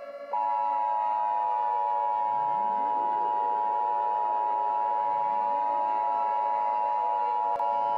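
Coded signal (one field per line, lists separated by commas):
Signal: Emergency Alert System (SAME) tones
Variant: 853 and 960 Hz attention tone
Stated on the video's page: Fictional mini EAS scenario about radioactive contamination, terrorism and evacuation.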